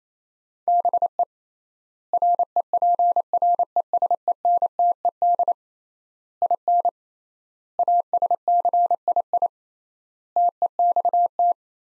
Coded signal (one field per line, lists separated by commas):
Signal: Morse code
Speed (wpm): 28 wpm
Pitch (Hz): 700 Hz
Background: none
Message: BE REPRESENTED IN ASCII TEXT